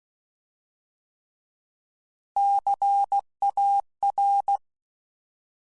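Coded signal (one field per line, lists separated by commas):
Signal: Morse code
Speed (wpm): 16 wpm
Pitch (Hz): 800 Hz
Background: none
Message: CAR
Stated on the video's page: CW sound bites used as Morse learning examples in a presentation to an amateur radio club.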